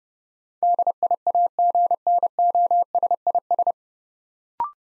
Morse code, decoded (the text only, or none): DIAGNOSIS